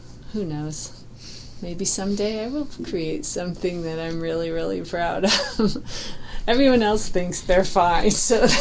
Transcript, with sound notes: who knows, maybe someday I will create something I'm really, really proud of, [laughs] everyone else thinks they're fine, so